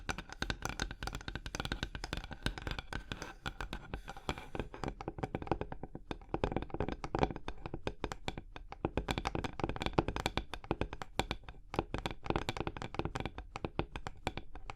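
Hypnotic tapping, scratching and tracing on a surface, a dense run of quick, sharp taps that never settles into a strict beat. Clusters of fast strikes alternate with brief thinner moments, notably near six seconds, and a soft scratchy rustle sits underneath throughout.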